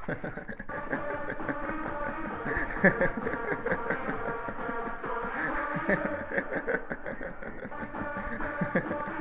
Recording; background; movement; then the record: laughter; music; sitting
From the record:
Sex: male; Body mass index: 22.0 kg/m2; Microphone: on the chest, facing the body